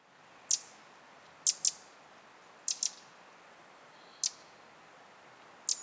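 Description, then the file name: Eurasian wren calls: sharp, very high ticking notes, singly or in quick pairs, spaced one to one and a half seconds apart. "Troglodytes troglodytes"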